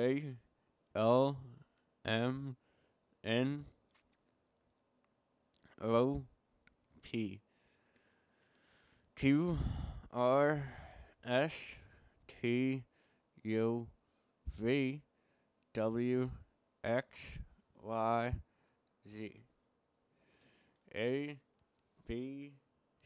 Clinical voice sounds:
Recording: letters of the alphabet, spoken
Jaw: constrained by a bite bar between the teeth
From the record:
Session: first day, right after the free take

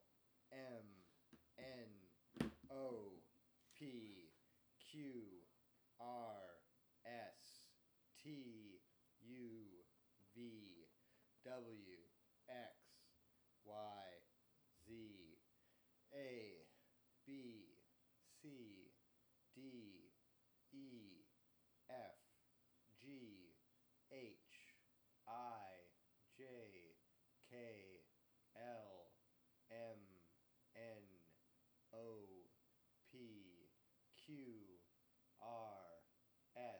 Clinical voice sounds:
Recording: letters of the alphabet, spoken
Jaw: free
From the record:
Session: first day, before the bite bar

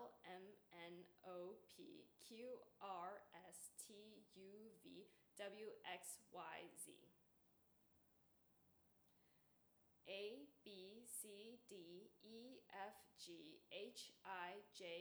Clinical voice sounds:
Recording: letters of the alphabet, spoken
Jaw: free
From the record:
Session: seven days later

